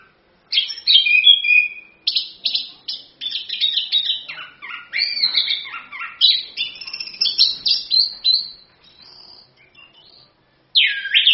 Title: ANIS KEMBANG GACOR, ANIS KEMBANG NGEROL, PANCINGAN ANIS KEMBANG BIAR BUNYI